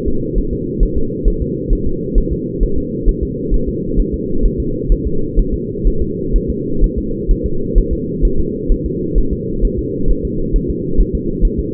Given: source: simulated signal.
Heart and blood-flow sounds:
fetal heart sounds
0.08 s: S2
0.38 s: S1
0.53 s: S2
0.83 s: S1
0.98 s: S2
1.28 s: S1
1.42 s: S2
1.73 s: S1
1.87 s: S2
2.18 s: S1
2.32 s: S2
2.63 s: S1
2.78 s: S2
3.09 s: S1
3.23 s: S2
3.54 s: S1
3.69 s: S2
4.00 s: S1
4.14 s: S2
4.45 s: S1
4.60 s: S2
4.92 s: S1
5.07 s: S2
5.39 s: S1
5.54 s: S2
5.88 s: S1
6.02 s: S2
6.36 s: S1
6.50 s: S2
6.84 s: S1
6.98 s: S2
7.31 s: S1
7.46 s: S2
7.78 s: S1
7.93 s: S2
8.25 s: S1
8.39 s: S2
8.72 s: S1
8.86 s: S2
9.18 s: S1
9.33 s: S2
9.65 s: S1
9.79 s: S2
10.11 s: S1
10.25 s: S2
10.56 s: S1
10.70 s: S2
11.00 s: S1
11.15 s: S2
11.45 s: S1
11.59 s: S2
From the record:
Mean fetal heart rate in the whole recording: 130 bpm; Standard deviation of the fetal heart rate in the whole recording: 4 bpm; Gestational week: 38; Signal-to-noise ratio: -8.1 dB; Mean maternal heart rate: 72 bpm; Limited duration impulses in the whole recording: absent

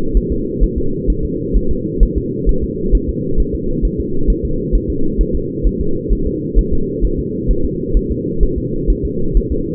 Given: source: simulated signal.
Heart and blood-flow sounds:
fetal heart sounds
0.17 s: S1
0.32 s: S2
0.64 s: S1
0.78 s: S2
1.10 s: S1
1.25 s: S2
1.57 s: S1
1.71 s: S2
2.03 s: S1
2.18 s: S2
2.49 s: S1
2.64 s: S2
2.95 s: S1
3.09 s: S2
3.40 s: S1
3.55 s: S2
3.85 s: S1
4.00 s: S2
4.30 s: S1
4.45 s: S2
4.75 s: S1
4.90 s: S2
5.21 s: S1
5.35 s: S2
5.67 s: S1
5.81 s: S2
6.13 s: S1
6.27 s: S2
6.59 s: S1
6.73 s: S2
7.05 s: S1
7.19 s: S2
7.51 s: S1
7.65 s: S2
7.97 s: S1
8.12 s: S2
8.43 s: S1
8.58 s: S2
8.90 s: S1
9.05 s: S2
9.37 s: S1
9.52 s: S2
From the record:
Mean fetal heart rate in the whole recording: 130 bpm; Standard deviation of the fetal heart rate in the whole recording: 2 bpm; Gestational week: 36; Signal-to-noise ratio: -8.1 dB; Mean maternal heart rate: 72 bpm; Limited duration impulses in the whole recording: absent

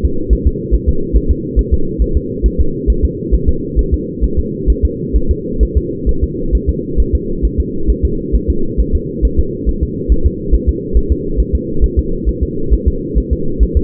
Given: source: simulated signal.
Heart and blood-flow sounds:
fetal heart sounds
0.05 s: S2
0.33 s: S1
0.47 s: S2
0.75 s: S1
0.89 s: S2
1.17 s: S1
1.31 s: S2
1.59 s: S1
1.74 s: S2
2.02 s: S1
2.17 s: S2
2.46 s: S1
2.61 s: S2
2.90 s: S1
3.05 s: S2
3.35 s: S1
3.49 s: S2
3.79 s: S1
3.94 s: S2
4.24 s: S1
4.39 s: S2
4.70 s: S1
4.85 s: S2
5.16 s: S1
5.31 s: S2
5.63 s: S1
5.78 s: S2
6.09 s: S1
6.24 s: S2
6.55 s: S1
6.70 s: S2
7.00 s: S1
7.15 s: S2
7.45 s: S1
7.60 s: S2
7.90 s: S1
8.05 s: S2
8.35 s: S1
8.50 s: S2
8.80 s: S1
8.95 s: S2
9.25 s: S1
9.40 s: S2
9.69 s: S1
9.83 s: S2
10.12 s: S1
10.27 s: S2
10.54 s: S1
10.69 s: S2
10.97 s: S1
11.12 s: S2
11.40 s: S1
11.55 s: S2
11.84 s: S1
11.99 s: S2
12.29 s: S1
12.43 s: S2
12.74 s: S1
12.88 s: S2
13.18 s: S1
13.33 s: S2
13.63 s: S1
13.77 s: S2
From the record:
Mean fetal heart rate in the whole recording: 135 bpm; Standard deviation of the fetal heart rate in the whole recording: 3 bpm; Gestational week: 34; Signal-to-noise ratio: -8.1 dB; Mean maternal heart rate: 72 bpm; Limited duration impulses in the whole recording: absent

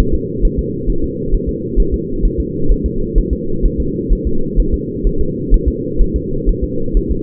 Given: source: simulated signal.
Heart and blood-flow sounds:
fetal heart sounds
0.00 s: S1
0.14 s: S2
0.45 s: S1
0.59 s: S2
0.90 s: S1
1.04 s: S2
1.34 s: S1
1.49 s: S2
1.80 s: S1
1.94 s: S2
2.25 s: S1
2.40 s: S2
2.72 s: S1
2.86 s: S2
3.18 s: S1
3.33 s: S2
3.65 s: S1
3.80 s: S2
4.12 s: S1
4.27 s: S2
4.60 s: S1
4.74 s: S2
5.07 s: S1
5.21 s: S2
5.54 s: S1
5.68 s: S2
6.01 s: S1
6.16 s: S2
6.49 s: S1
6.64 s: S2
6.97 s: S1
7.11 s: S2
From the record:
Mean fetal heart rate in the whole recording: 130 bpm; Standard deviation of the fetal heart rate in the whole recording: 2 bpm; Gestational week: 38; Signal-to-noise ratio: -8.1 dB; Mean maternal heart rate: 72 bpm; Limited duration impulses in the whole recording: absent

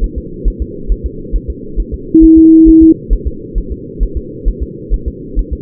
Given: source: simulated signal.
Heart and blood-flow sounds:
fetal heart sounds
0.04 s: S1
0.18 s: S2
0.48 s: S1
0.62 s: S2
0.92 s: S1
1.06 s: S2
1.36 s: S1
1.50 s: S2
1.80 s: S1
1.94 s: S2
2.24 s: S1
2.38 s: S2
2.69 s: S1
2.83 s: S2
3.13 s: S1
3.27 s: S2
3.58 s: S1
3.72 s: S2
4.03 s: S1
4.17 s: S2
4.48 s: S1
4.62 s: S2
4.94 s: S1
5.08 s: S2
5.39 s: S1
5.53 s: S2
From the record:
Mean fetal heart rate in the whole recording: 135 bpm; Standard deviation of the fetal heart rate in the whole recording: 3 bpm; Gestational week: 36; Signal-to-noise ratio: -4.3 dB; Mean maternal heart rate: 72 bpm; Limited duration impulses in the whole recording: present

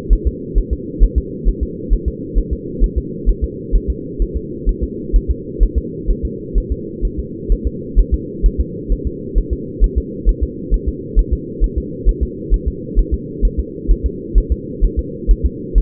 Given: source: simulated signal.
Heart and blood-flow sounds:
fetal heart sounds
0.13 s: S1
0.27 s: S2
0.58 s: S1
0.73 s: S2
1.04 s: S1
1.18 s: S2
1.49 s: S1
1.63 s: S2
1.93 s: S1
2.08 s: S2
2.38 s: S1
2.53 s: S2
2.84 s: S1
2.98 s: S2
3.29 s: S1
3.44 s: S2
3.75 s: S1
3.90 s: S2
4.22 s: S1
4.37 s: S2
4.69 s: S1
4.83 s: S2
5.16 s: S1
5.31 s: S2
5.63 s: S1
5.78 s: S2
6.11 s: S1
6.25 s: S2
6.58 s: S1
6.72 s: S2
7.05 s: S1
7.19 s: S2
7.52 s: S1
7.67 s: S2
7.99 s: S1
8.14 s: S2
8.46 s: S1
8.61 s: S2
8.92 s: S1
9.07 s: S2
9.38 s: S1
9.53 s: S2
9.84 s: S1
9.98 s: S2
10.29 s: S1
10.43 s: S2
10.74 s: S1
10.88 s: S2
11.19 s: S1
11.33 s: S2
11.64 s: S1
11.78 s: S2
12.09 s: S1
12.23 s: S2
12.54 s: S1
12.68 s: S2
12.99 s: S1
13.14 s: S2
13.45 s: S1
13.60 s: S2
13.91 s: S1
14.06 s: S2
14.38 s: S1
14.52 s: S2
14.84 s: S1
14.99 s: S2
15.31 s: S1
15.46 s: S2
15.78 s: S1
From the record:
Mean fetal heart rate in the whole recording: 130 bpm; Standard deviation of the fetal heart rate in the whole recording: 2 bpm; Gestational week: 36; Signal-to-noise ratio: -4.1 dB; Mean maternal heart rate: no maternal heart sound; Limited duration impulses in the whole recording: absent

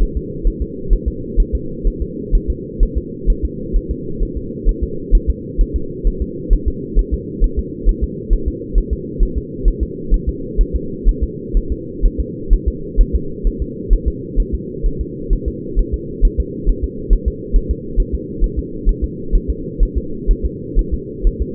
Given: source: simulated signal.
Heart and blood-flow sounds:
fetal heart sounds
0.02 s: S1
0.17 s: S2
0.47 s: S1
0.62 s: S2
0.93 s: S1
1.08 s: S2
1.40 s: S1
1.55 s: S2
1.87 s: S1
2.02 s: S2
2.35 s: S1
2.50 s: S2
2.83 s: S1
2.98 s: S2
3.30 s: S1
3.45 s: S2
3.76 s: S1
3.91 s: S2
4.23 s: S1
4.37 s: S2
4.69 s: S1
4.83 s: S2
5.15 s: S1
5.30 s: S2
5.61 s: S1
5.76 s: S2
6.07 s: S1
6.22 s: S2
6.53 s: S1
6.68 s: S2
6.99 s: S1
7.14 s: S2
7.44 s: S1
7.59 s: S2
7.89 s: S1
8.03 s: S2
8.33 s: S1
8.48 s: S2
8.78 s: S1
8.93 s: S2
9.23 s: S1
9.38 s: S2
9.68 s: S1
9.83 s: S2
10.14 s: S1
10.29 s: S2
10.61 s: S1
10.76 s: S2
11.09 s: S1
11.23 s: S2
11.57 s: S1
11.72 s: S2
12.06 s: S1
12.20 s: S2
12.53 s: S1
12.68 s: S2
13.01 s: S1
13.15 s: S2
13.47 s: S1
13.62 s: S2
13.93 s: S1
14.08 s: S2
14.40 s: S1
14.54 s: S2
14.86 s: S1
15.01 s: S2
15.33 s: S1
15.48 s: S2
15.79 s: S1
15.94 s: S2
16.25 s: S1
16.40 s: S2
16.69 s: S1
16.84 s: S2
17.13 s: S1
17.28 s: S2
17.56 s: S1
17.71 s: S2
18.00 s: S1
18.15 s: S2
18.44 s: S1
18.59 s: S2
18.89 s: S1
19.04 s: S2
19.35 s: S1
19.50 s: S2
19.83 s: S1
19.98 s: S2
20.31 s: S1
20.45 s: S2
20.79 s: S1
20.94 s: S2
21.27 s: S1
21.42 s: S2
From the record:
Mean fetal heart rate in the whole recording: 130 bpm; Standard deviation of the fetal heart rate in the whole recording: 4 bpm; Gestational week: 38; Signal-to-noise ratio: -4.3 dB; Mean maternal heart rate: 72 bpm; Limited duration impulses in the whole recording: absent

